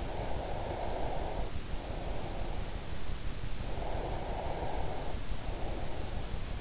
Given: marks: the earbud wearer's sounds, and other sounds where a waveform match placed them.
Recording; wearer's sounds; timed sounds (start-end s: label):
sounds in sleep by an in-ear microphone; breath
0.00-2.57 s: breath
3.54-6.46 s: breath